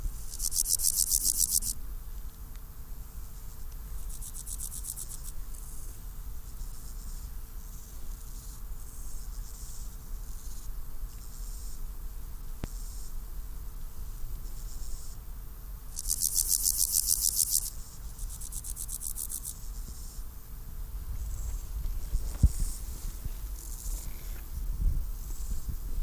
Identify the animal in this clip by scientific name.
Chorthippus parallelus